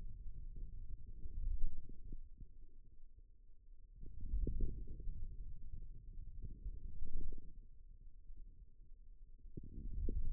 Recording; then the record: forearm muscle sounds (acoustic myography)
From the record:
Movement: wrist extension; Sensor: system 2, bracelet of six BSWA MPA416 microphones around the upper forearm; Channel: 1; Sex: male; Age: 22 years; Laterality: right